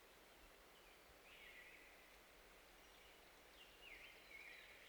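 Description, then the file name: Black-throated blue warbler song: two faint buzzy phrases about two seconds apart, over soft hiss. "dan gibsons solitudes black throated blue warbler"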